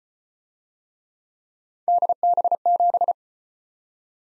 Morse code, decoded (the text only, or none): DB7